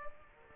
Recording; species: mosquito wingbeat signal from an infrared sensor; Aedes aegypti